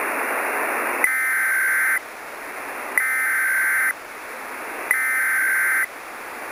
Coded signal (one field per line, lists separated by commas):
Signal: Emergency Alert System (SAME) tones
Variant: header bursts